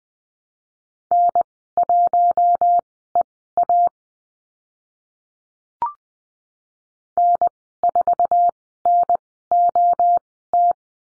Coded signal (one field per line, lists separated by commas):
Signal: Morse code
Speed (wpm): 20 wpm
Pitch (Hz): 700 Hz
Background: none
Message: N1EA N4NOT